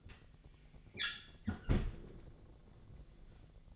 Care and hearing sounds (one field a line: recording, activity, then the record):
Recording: daily activity, microphone in the room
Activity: close fridge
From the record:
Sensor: 4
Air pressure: 1000.9 hPa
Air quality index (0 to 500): 134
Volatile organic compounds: 2 ppm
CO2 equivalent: 997 ppm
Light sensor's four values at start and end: 27/64/27/29 and 29/70/29/32